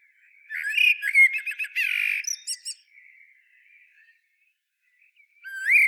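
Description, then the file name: Common blackbird song: a rich warbled phrase ending in thin, scratchy high notes, a long soft pause, then another fluted phrase starting. "Turdus merula"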